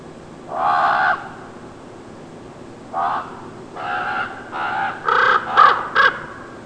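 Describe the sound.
Common raven giving a series of harsh, croaking caws, two spaced then a quicker run of four or five closing together, over a quiet background.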